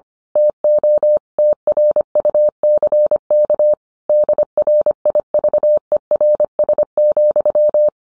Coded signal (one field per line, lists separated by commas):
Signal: Morse code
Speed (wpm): 25 wpm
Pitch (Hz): 600 Hz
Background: none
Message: TO TRUCK DRIVERS,